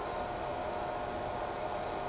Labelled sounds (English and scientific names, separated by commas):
none